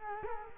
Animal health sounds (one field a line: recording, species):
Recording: mosquito wingbeat signal from an infrared sensor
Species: Culex quinquefasciatus